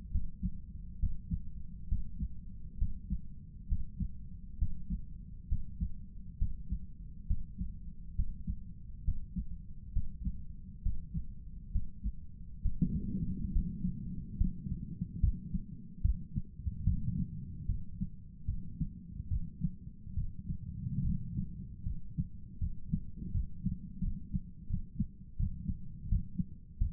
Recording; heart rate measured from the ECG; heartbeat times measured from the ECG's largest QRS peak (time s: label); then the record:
heart sounds by stethoscope; 72 bpm
0.10 s: heartbeat
0.99 s: heartbeat
1.88 s: heartbeat
2.77 s: heartbeat
3.67 s: heartbeat
4.58 s: heartbeat
5.48 s: heartbeat
6.37 s: heartbeat
7.26 s: heartbeat
8.15 s: heartbeat
9.04 s: heartbeat
9.92 s: heartbeat
10.82 s: heartbeat
11.71 s: heartbeat
12.61 s: heartbeat
13.51 s: heartbeat
14.37 s: heartbeat
15.20 s: heartbeat
16.01 s: heartbeat
16.84 s: heartbeat
17.66 s: heartbeat
18.46 s: heartbeat
19.28 s: heartbeat
20.14 s: heartbeat
21.02 s: heartbeat
21.84 s: heartbeat
22.59 s: heartbeat
23.32 s: heartbeat
24.01 s: heartbeat
24.68 s: heartbeat
25.37 s: heartbeat
26.09 s: heartbeat
26.78 s: heartbeat
From the record:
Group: healthy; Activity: breath hold 0-15 s, rest 15-27 s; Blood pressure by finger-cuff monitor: 165/92 mmHg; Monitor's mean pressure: 109 mmHg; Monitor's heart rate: 68 bpm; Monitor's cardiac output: 6.9 L/min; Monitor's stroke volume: 100 mL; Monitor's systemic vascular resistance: 1180 dyn s/cm5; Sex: male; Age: 57 years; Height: 188 cm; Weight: 106 kg